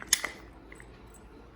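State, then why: Seated. The second caster wheel of a Weber Genesis II gas grill, which has a lock, is snapped into the grill cart leg. A sharp, bright click lands at 0.1 s, followed by a smaller tick at about 0.3 s and faint ticks near 0.7 and 0.8 s over quiet background. The wheel is seated and good to go.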